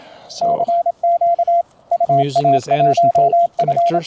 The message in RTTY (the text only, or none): none